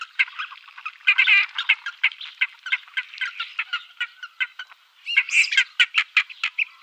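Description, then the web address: Ferruginous duck giving rapid, rasping calls in a chattering series, with louder, harsher flurries early on and near the end. "Schulze Peter Ferruginous Duck"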